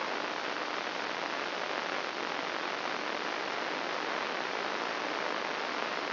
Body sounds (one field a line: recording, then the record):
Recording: brain microelectrode recording played as sound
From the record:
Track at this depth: inside the subthalamic nucleus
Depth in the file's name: 3.167 mm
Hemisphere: left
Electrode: 3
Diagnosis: Parkinson's disease